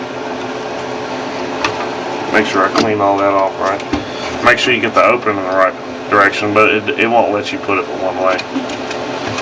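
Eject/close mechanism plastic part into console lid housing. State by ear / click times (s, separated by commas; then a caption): not seated / none. During reassembly of a PlayStation 1's eject/close mechanism, being repaired because it gets stuck, a plastic part is handled and lined up in the correct orientation (it only fits one way) for its console lid housing while someone talks. A brief sharp handling sound occurs at about 1.7 s, with a steady background hum throughout. Nothing has seated or clicked yet; the part is not yet home when the clip ends.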